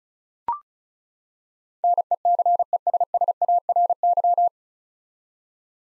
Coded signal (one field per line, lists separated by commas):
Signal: Morse code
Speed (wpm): 36 wpm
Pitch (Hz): 700 Hz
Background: none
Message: NECESSARY